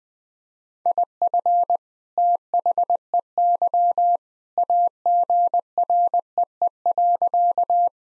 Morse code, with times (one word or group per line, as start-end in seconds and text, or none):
0.9-1.8 IF
2.2-4.2 THEY
4.6-7.9 AGREE.